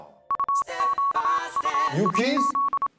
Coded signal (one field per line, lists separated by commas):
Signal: Morse code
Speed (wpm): 27 wpm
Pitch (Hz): 1110 Hz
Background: speech, music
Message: UQUIZ